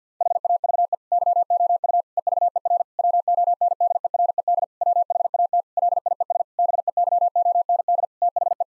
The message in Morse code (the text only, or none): HAVE YOU EVER WONDERED WHAT LIES BEYOND THE